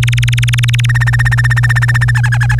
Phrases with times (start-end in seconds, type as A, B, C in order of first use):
0.02-0.86 A, 0.89-2.11 B, 2.15-2.55 C, 2.59-2.59 D